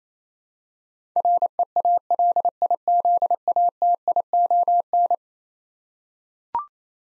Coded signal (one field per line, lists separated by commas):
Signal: Morse code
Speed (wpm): 28 wpm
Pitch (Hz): 700 Hz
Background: none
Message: REALIZATION